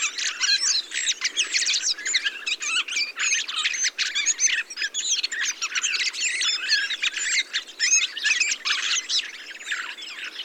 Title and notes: POT-POURRI DE GRIVES. 22 novembre 2020-Montagne du Puy - Drôme. Grives draine, musicienne, mauvis et litorne plus quelques merles